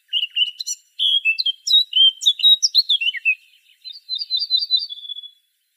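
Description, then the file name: Eurasian blackcap song: a hurried, varied warble of chirps and slurs, then a clean run of repeated whistled notes closing the phrase. "Sylvia atricapilla"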